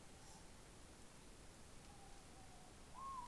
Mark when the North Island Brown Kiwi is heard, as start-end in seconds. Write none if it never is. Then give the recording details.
none. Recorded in New Zealand on 16 November 2013. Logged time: 21:44. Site BS16